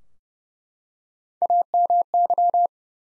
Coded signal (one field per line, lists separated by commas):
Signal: Morse code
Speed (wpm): 30 wpm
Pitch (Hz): 700 Hz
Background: none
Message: AMY